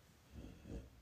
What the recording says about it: My dog is snoring. She's got a diaper on and she's fucking sleeping.